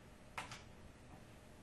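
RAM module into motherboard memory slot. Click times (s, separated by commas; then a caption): 0.4 s, 0.5 s. A RAM stick is rocked side to side and pressed into motherboard slot one. The retention clips come up with two sharp snaps at 0.4 s and 0.5 s over a quiet background, and the module is seated.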